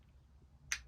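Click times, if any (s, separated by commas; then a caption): 0.7 s. A protective shield with small magnets is fitted onto the laser engraver module of an Aufero Laser 2 (LU2-2), and the magnets pull it home. Over a faint low background hum, one sharp, bright click sounds at 0.7 s, then quickly fades. The shield is seated in place.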